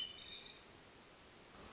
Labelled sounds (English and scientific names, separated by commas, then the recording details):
Hermit Thrush (Catharus guttatus)
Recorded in Sonoma County, California